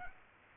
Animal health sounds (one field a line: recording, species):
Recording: mosquito wingbeat signal from an infrared sensor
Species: Aedes aegypti